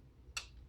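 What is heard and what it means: A plastic section of a Transformers Shattered Glass Jetfire toy is lifted up and its nub is pegged into a peg hole on the toy's wing area. A single sharp, bright tick sounds at 0.4 s against a quiet low background. The nub seats in place.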